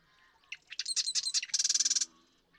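Marsh Wren delivering a gurgling series of quick notes that merges into a steady, rapid rattle lasting about half a second.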